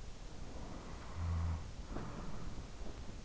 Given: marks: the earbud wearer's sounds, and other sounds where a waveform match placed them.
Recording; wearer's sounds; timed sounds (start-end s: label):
sounds in sleep by an in-ear microphone; snoring breath
0.13-3.21 s: snoring breath